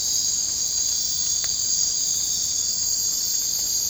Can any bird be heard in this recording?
no